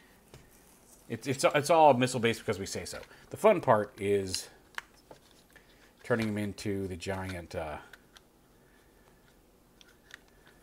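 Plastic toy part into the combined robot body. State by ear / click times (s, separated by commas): seated / 10.1 s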